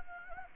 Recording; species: mosquito wingbeat signal from an infrared sensor; Anopheles gambiae